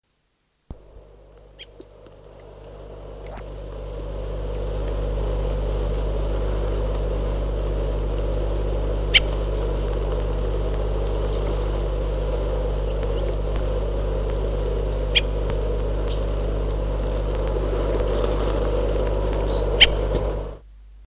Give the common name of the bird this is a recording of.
Redwing